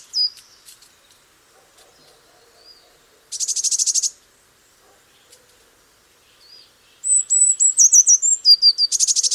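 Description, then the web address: Eurasian blue tit song: brief high notes and a dense buzzy trill, a pause, then thin high whistles sliding downward into a rapid churring trill. "cianscape. Deverinetal"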